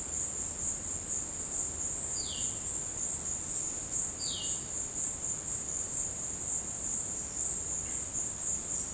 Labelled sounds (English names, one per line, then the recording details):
Violaceous Jay
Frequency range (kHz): Violaceous Jay 2.1-5.8 kHz
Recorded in secondary vegetation near Puerto Asís, Putumayo, Colombia, on 19 March 2025 at 14:30
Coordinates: 0.485, -76.322
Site G040